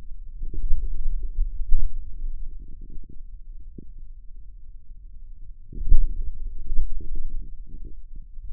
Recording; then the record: forearm muscle sounds (acoustic myography)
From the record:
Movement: pen grasping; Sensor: system 2, bracelet of six BSWA MPA416 microphones around the upper forearm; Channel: 6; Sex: male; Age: 22 years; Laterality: right